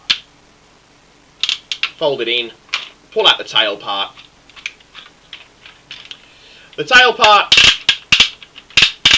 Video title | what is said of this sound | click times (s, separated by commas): scorponok | ratchets quite loudly into place into the hole in the back and it just locks into place | 7.9 s, 8.1 s, 9.1 s